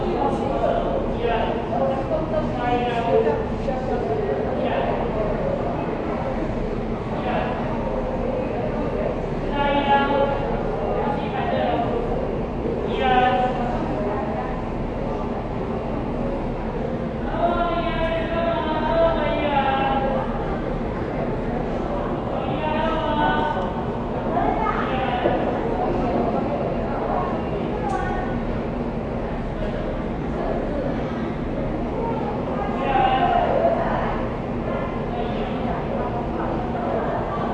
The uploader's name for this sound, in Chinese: 轉運站等車